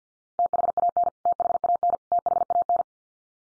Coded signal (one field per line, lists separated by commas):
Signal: Morse code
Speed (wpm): 50 wpm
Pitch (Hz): 700 Hz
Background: none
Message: THAN THAN THAN